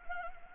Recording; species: mosquito wingbeat signal from an infrared sensor; Anopheles arabiensis